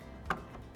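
The top mosquito-proof mesh screen is pushed back into a rainwater tank's air gap overflow housing so its notches engage the hooks on the inside. A single sharp snap is heard at 0.3 s over soft background music. The screen snaps into the housing and is seated.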